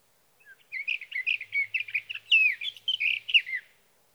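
Sage thrasher delivering a rapid, run-on warbling song of mixed chirps and sliding whistles, about three seconds long, with a faint low hum beneath.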